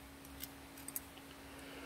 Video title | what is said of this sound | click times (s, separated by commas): Snap-on and knipex April 2020 | just push it and you adjust it and they lock into place | 0.4 s, 0.9 s, 1.0 s